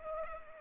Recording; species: mosquito wingbeat signal from an infrared sensor; Culex pipiens